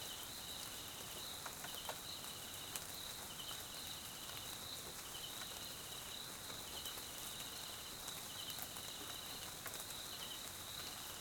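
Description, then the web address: Steady high cricket chorus with evenly spaced pulsed trills recurring through the recording, accompanied by gentle rain patter and occasional drips. South African crickets recorded as night background in jungle at Mkhaya, Swaziland, during rain. "Sonniss com - GDC 2018-Game Audio Bundle Tonschliff - SOUTH AFRICAN CRICKETS BG Swaziland Mkhaya Jungle Night Rain"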